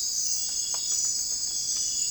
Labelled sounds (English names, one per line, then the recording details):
none
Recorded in secondary vegetation near Puerto Asís, Putumayo, Colombia, on 20 December 2024 at 01:30
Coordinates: 0.481, -76.318
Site G042